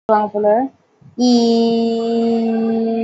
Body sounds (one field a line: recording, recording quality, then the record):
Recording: sustained vowel as in beet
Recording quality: excellent, no background noise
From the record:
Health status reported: COVID-19 positive, mild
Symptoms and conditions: cough, cold, sore throat, fever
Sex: female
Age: 23 years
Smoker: not ticked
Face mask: not worn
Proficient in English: yes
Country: India